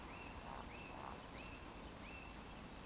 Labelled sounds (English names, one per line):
Eurasian Woodcock whistle
Eurasian Woodcock croak